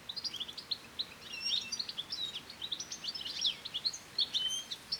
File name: Carduelis carduelis